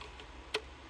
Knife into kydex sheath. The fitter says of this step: this one doesn't click in too much but you can kind of feel it